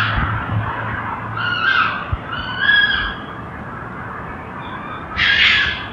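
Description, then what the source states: Red fox fighting calls: drawn-out wavering squeals and rasps, a quieter lull, then a sudden harsh screech near the end. More than one red fox; fighting.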